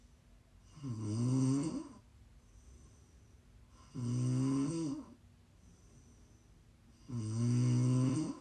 ASMR Snoring. Please enjoy some prime ASMR snoring.